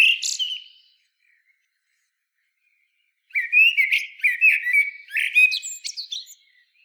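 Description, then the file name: Common blackbird song: a short whistled note with a high twitter, a pause of over two seconds, then a longer run of rich fluty notes with squeaky flourishes. "Turdus merula"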